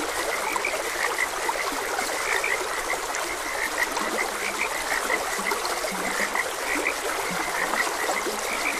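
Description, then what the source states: Many frogs chirping in rapid, overlapping bursts with a few low croaks, over constant running water. Frogs croaking beside a gentle stream.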